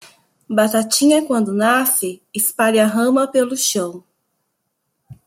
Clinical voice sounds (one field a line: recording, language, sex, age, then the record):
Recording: short text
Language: Brazilian Portuguese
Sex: female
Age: 30 to 39 years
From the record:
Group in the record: control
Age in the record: 39 years